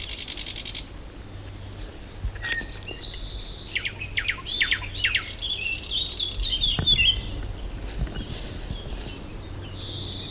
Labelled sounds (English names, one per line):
Eurasian Blackcap song